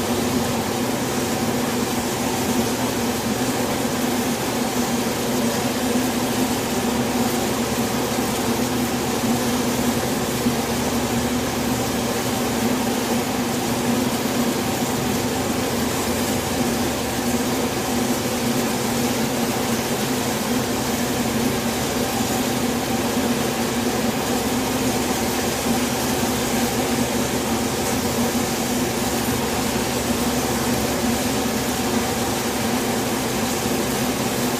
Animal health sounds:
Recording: honeybee colony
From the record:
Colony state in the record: swarm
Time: day

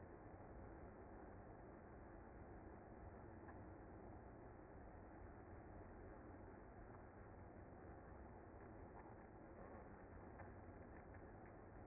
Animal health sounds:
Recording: honeybee colony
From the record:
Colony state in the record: active

